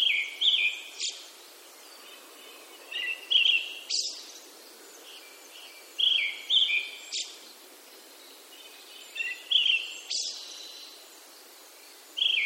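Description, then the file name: Brown-headed thrush song: clear whistled two- and three-note phrases, each falling slightly, given about every three seconds, with occasional sharp clicks. "akahara"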